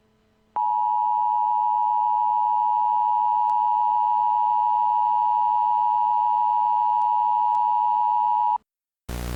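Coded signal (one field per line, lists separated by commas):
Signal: Emergency Alert System (SAME) tones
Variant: 853 and 960 Hz attention tone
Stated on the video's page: Fan-made fictional EAS scenario, not intended for broadcast.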